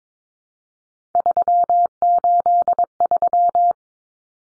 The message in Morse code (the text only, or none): 383